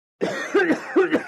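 Male coughs, a quick series of short coughs from an adult man.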